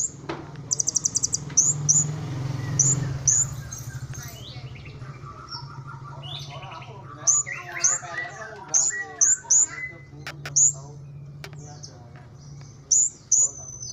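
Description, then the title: Small bird giving scattered high sharp chirps and a short trill amid warbled lower notes, over a steady low hum. "Burung Kecil 1"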